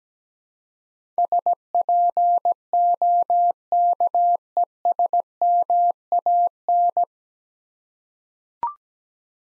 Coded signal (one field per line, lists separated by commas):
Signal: Morse code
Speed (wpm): 17 wpm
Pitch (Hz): 700 Hz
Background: none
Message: SPOKESMAN